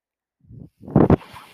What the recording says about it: That noise you're hearing is, in fact, my ventilator.